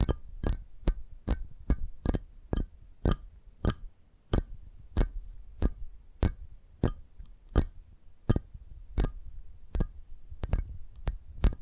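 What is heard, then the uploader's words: Tapping triggers: sharp, crisp taps land one after another at a fairly steady pace, roughly two per second, each short and bright with a quick decay. A soft low rumble sits beneath the taps throughout, and the rhythm stays even across the clip. ASMR 10 Addictive Tapping Triggers. (No Talking).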